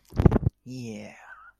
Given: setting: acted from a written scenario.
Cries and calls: vocal sound without words; pride

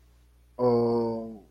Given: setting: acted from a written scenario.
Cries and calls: vocal sound without words; disappointment

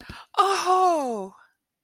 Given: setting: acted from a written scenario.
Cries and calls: vocal sound without words; elation

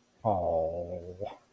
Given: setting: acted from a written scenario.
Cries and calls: vocal sound without words; adoration

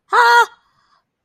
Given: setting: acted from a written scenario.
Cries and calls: vocal sound without words; amusement

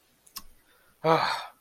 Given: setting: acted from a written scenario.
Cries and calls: vocal sound without words; guilt

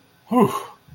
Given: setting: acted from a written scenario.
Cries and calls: vocal sound without words; relief

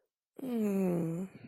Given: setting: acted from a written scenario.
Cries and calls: vocal sound without words; disappointment

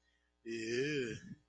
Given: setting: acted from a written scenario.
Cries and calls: vocal sound without words; disgust

